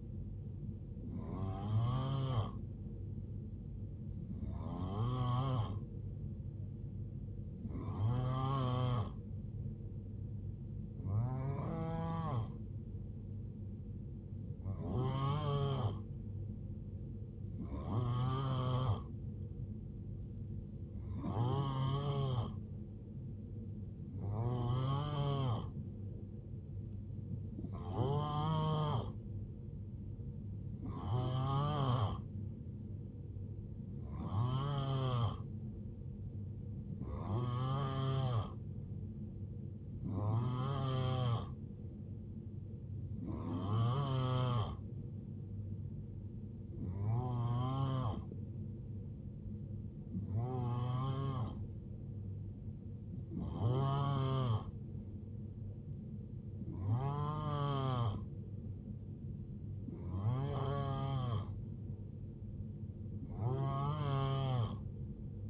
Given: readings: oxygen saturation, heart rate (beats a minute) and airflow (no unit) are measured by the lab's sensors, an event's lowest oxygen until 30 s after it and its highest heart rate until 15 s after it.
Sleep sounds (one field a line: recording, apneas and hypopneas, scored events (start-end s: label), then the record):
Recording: breathing in sleep by a smartphone at the bedside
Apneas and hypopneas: none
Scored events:
none scored
From the record:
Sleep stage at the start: N3 (deep sleep)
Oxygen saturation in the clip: 89 to 91%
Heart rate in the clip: 61 to 77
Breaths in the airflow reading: 20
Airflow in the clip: -6.7 to 3.8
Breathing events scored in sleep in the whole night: 389 in 6.3 hours asleep